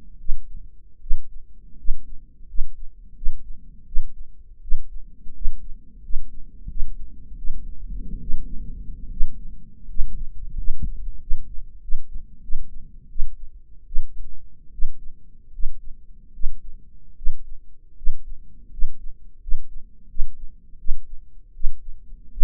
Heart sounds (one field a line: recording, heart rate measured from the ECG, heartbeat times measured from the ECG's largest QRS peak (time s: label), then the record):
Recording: heart sounds by microphone in the right ear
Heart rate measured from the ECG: 81 bpm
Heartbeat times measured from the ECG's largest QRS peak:
0.19 s: heartbeat
1.01 s: heartbeat
1.78 s: heartbeat
2.48 s: heartbeat
3.16 s: heartbeat
3.86 s: heartbeat
4.62 s: heartbeat
5.35 s: heartbeat
6.03 s: heartbeat
6.69 s: heartbeat
7.37 s: heartbeat
8.21 s: heartbeat
9.11 s: heartbeat
9.89 s: heartbeat
10.57 s: heartbeat
11.20 s: heartbeat
11.82 s: heartbeat
12.42 s: heartbeat
13.09 s: heartbeat
13.86 s: heartbeat
14.72 s: heartbeat
15.53 s: heartbeat
16.33 s: heartbeat
17.16 s: heartbeat
17.97 s: heartbeat
18.71 s: heartbeat
19.41 s: heartbeat
20.09 s: heartbeat
20.78 s: heartbeat
21.54 s: heartbeat
22.31 s: heartbeat
From the record:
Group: healthy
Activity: rest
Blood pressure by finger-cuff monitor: 163/113 mmHg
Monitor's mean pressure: 135 mmHg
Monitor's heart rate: 86 bpm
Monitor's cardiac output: 6.6 L/min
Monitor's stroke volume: 79 mL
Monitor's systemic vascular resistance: 1320 dyn s/cm5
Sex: male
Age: 23 years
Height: 179 cm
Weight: 87 kg